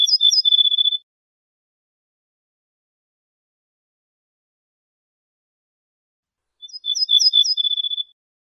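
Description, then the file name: Ortolan bunting sings two phrases separated by a long silence, each of quick high notes over a steady lower tone. "suara kicauan ortolan"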